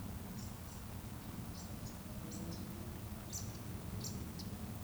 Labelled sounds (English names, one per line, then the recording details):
Eurasian Woodcock chase call
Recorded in Baden-Württemberg, Germany, on 25 June 2020 at 19:55 UTC
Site 14569, 102 m above sea level